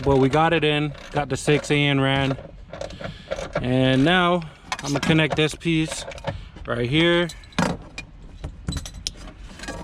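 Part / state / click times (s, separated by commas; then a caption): fuel line quick-connect fitting onto the fuel pump line / seated / 9.1 s. Someone talks while connecting a fuel line quick-connect fitting onto the fuel pump line, after the 6 AN and 8 AN fuel lines have been run for a fuel pump install in an Em2 Es2. A few small clicks and handling sounds lead up to a sharp click at 9.1 s as the fuel line connector seats.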